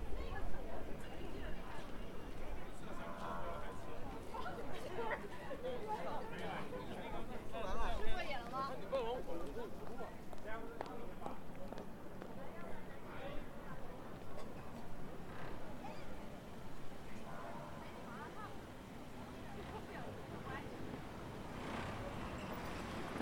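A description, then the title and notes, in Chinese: Shenyang's Zhongjie street: a steady crowd murmur with overlapping voices, occasional clatters and passing traffic, slightly quieter toward the end. 沈阳，中街。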